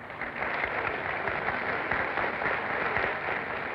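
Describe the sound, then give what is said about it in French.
A theatre audience applauds steadily, many hands clapping in a dense, even patter that holds at a constant loudness for the whole few seconds, with no voices standing out. “L'ouvreuse m'avait rejoint pendant les applaudissements.”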